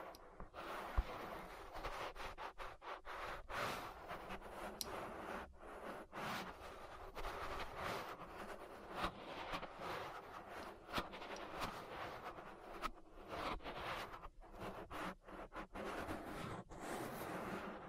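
An ear massage recorded for ASMR, made of continuous rubbing and brushing sounds. The scratchy texture stays dense and fairly even for the whole stretch, broken by frequent brief gaps and soft taps, with a faint low rumble underneath.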